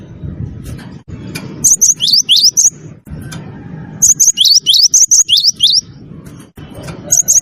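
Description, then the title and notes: Bird song in three bursts of bright, high chirps, separated by pauses with a low rumble. Bird ringtone with a melodious voice. "ND Burung. Nada Dering Burung Dengan Suara Merdu"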